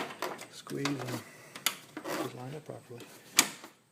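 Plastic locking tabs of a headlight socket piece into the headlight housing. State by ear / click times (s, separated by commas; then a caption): seated / 3.4 s. Someone talks while plastic locking tabs on a headlight socket piece for a Chevy TrailBlazer are lined up, squeezed and pushed into their slots in the headlight housing. A sharp click is heard at 3.4 s as the tabs snap in, and the piece is seated.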